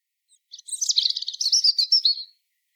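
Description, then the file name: European robin song: one rapid phrase of thin, high, tinkling notes with sweet trills and warbles, lasting under two seconds, in otherwise silent surroundings. "Erithacus rubecula"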